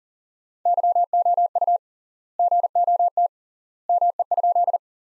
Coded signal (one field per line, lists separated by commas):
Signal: Morse code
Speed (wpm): 37 wpm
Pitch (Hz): 700 Hz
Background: none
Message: YOU GOT ME?